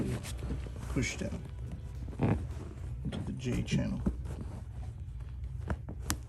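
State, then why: Seated. A seat cover's J-channel edge on a 2007-2012 Mercedes-Benz GL450/GL550 replacement seat cover is pushed down into the seat cushion channel while someone talks, with rustling and soft handling sounds. A sharp click at 6.1 s marks the J-channel interlocking and the cover seating.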